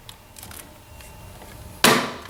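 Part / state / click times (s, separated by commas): actuator wiring harness connector into its mating connector on the massage chair backrest / seated / 1.8 s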